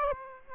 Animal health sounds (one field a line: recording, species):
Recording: mosquito wingbeat signal from an infrared sensor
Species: Aedes aegypti